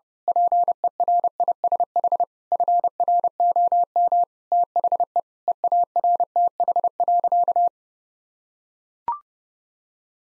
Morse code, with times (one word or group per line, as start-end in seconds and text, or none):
0.3-2.2 PERISH
2.5-4.2 FROM
4.5-5.2 THE
5.5-7.7 EARTH.